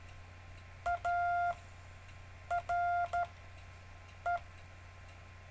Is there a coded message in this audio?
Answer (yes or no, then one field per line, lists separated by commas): yes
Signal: Morse code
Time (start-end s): 0.9-4.4 s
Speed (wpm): 12 wpm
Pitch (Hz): 700 Hz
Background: none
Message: ARE